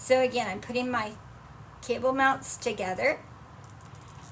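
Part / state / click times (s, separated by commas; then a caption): plastic cable tie tail through its own locking head / seated / 3.6 s, 3.7 s, 3.9 s, 4.0 s, 4.1 s. Someone talks while joining plastic cable ties on a wreath frame, then pulls a cable tie tail about an inch through its locking head. The teeth ratchet past the pawl with quick clicks at 3.6, 3.7, 4.0, 4.0, 4.1 and 4.2 seconds. The tie seats and locks but is not fully tightened yet.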